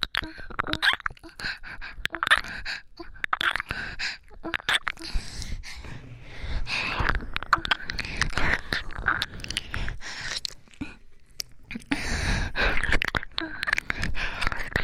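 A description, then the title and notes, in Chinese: Wet ear licking and soft breathy panting mixed with kisses. Sharp clicks and smacking sounds come constantly and irregularly, with a breathy hiss swelling and fading, loudest around six to nine seconds and again near twelve. 舔耳和喘气加亲亲。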